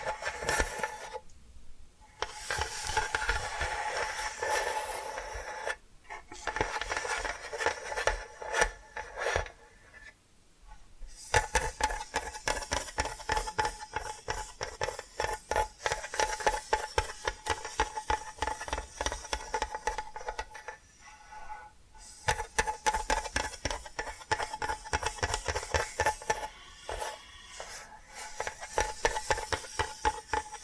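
Tapping and scratching sounds run almost without pause, a dense stream of quick, crisp clicks and scrapes that sit mostly in the bright upper range. Short silences break the flow near two, six, ten and twenty-two seconds. A faint steady tone hums underneath throughout.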